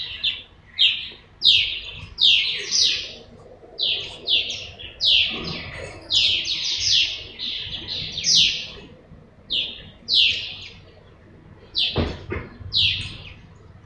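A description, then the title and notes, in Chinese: Birdsong outside a window: a busy run of bright, sweeping chirps repeating nearly every half second for the whole stretch, often overlapping. A low rumble sits underneath, and a sharp knock or thud breaks in around twelve seconds. 白露 窗外鸟鸣。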